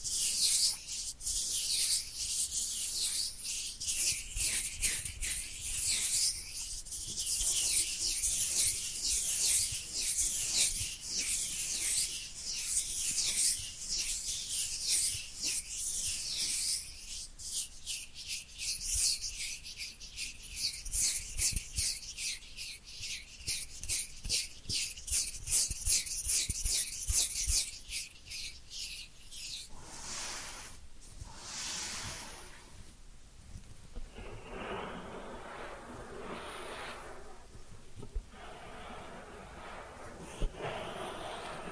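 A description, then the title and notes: Ear cleaning sounds: dense, bright scratching and rubbing, made of rapid crackly strokes that run almost continuously for the first half minute. Around thirty seconds the texture changes to softer, sparser brushing and rustling with brief pauses, quieter until the end. Ear Cleaning Triggers.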